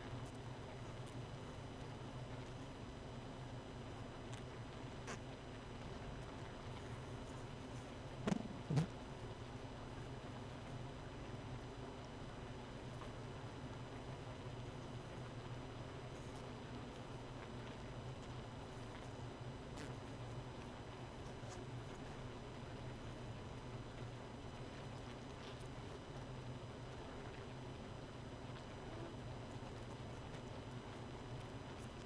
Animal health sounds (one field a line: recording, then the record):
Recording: honeybee colony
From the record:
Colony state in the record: missing queen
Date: 31 May 2018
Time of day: 0:13